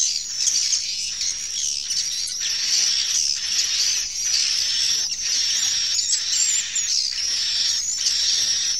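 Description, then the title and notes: Swiftlets producing high, wavering chirps and twitters in an unbroken chorus, with some brighter squeaks standing out. Swiftlet sound used in swiftlet bird farming in Asia. "Swiflet Bird Sound. Farming Swiflet Bird asia sound"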